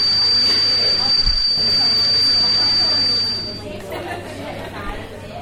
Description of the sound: If there is a lot of background noise, it gets worse and sounds like this. The noise is called a tinnitus spike.